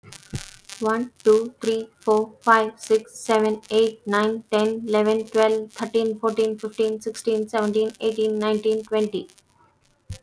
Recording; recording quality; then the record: counting at a fast pace; excellent, no background noise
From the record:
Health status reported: healthy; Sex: female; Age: 30 years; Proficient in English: yes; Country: India